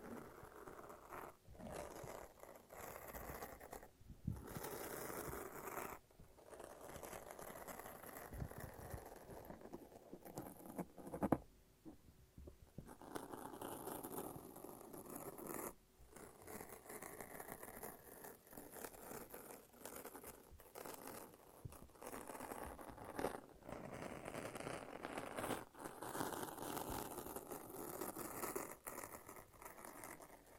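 Sticky tape and a lint roller being peeled and rolled, giving a dense, crackly ripping sound that runs almost without pause. Short gaps break it near 4, 6, 11–12 and 16 seconds, with a sharp snap around 11 seconds before the tearing resumes.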